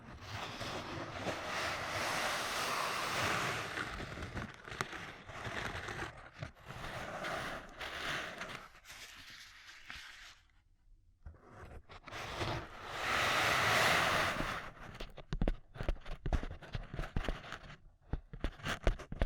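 Ear cupping sounds: hands press and rub over the microphone, making a muffled, rushing roar like surf or wind that swells and fades. A loud stretch fills the first ten seconds, near silence follows around eleven seconds, then another swell peaks near fourteen seconds before scattered crackling taps.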